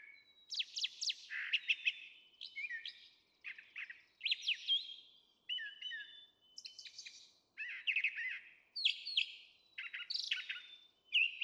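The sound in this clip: Brown Thrasher song, a long run of varied phrases mixing whistles, chirps and rough notes, with short gaps between.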